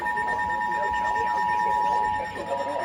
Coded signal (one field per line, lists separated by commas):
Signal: Emergency Alert System (SAME) tones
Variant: 853 and 960 Hz attention tone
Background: speech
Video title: EAS #1345-1352 Severe Thunderstorm Warning for my area 7-29-21